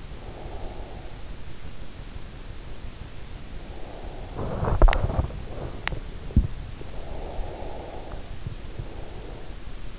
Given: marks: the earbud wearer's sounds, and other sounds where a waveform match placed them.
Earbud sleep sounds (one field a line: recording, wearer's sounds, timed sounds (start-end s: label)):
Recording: sounds in sleep by an in-ear microphone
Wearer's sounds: breath, body movement, teeth grinding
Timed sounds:
0.00-1.03 s: breath
3.83-4.40 s: body movement
4.45-6.51 s: teeth grinding
6.92-9.29 s: breath